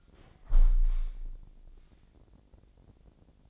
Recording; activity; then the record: daily activity, microphone in the room; close window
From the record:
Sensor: 5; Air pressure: 1012.4 hPa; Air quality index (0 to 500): 161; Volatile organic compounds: 2 ppm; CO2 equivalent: 1091 ppm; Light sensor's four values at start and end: 67/163/66/70 and 67/161/65/69